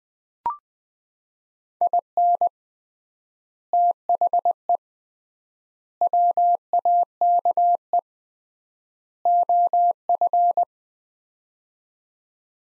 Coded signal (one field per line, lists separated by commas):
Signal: Morse code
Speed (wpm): 20 wpm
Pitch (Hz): 700 Hz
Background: none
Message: IN THE WAKE OF